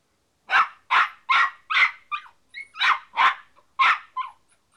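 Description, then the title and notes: Dog giving a rapid series of loud barks, with a few shorter, softer notes between them. "NHK Sound Effects Collection - 3-Frogs, Crickets, Cicadas, Horses, Dogs. NHK効果音集 - 3-カエル・虫・セミ・ウマ・イヌ"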